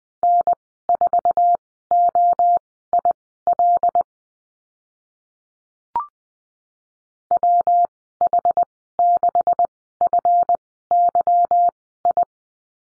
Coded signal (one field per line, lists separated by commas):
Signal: Morse code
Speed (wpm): 20 wpm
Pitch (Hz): 700 Hz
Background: none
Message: N4OIL WH6FYI